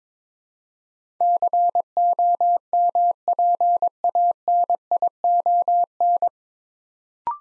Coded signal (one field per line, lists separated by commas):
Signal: Morse code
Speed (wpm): 22 wpm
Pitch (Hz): 700 Hz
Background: none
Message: COMPANION